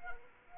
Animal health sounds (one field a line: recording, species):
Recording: mosquito wingbeat signal from an infrared sensor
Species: Anopheles arabiensis